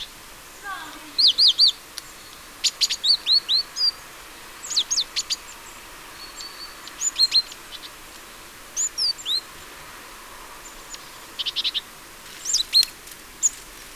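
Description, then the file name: Great tit calls, clusters of sharp high chirps and quick downslurred notes in short bursts with irregular pauses. "Parus major"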